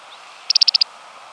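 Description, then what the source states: Smith's longspur call: one dry, rapid rattle of six high clicks run together in about a third of a second, with faint background hiss. Recorded in Oklahoma.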